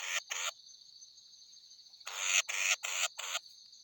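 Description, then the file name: Mixed batis: two harsh bursts, a pause, then a quick run of four more, over a continuous high steady tone. "Batis mixta"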